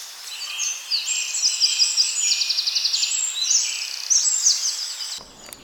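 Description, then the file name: Birdsong: high thin trills and rapid repeated notes with brief whistled phrases, running almost continuously. Bourne Woods, morning of 2 May 2020 at 08:04. "Bourne woods Birdsong 2020-05-02 0804"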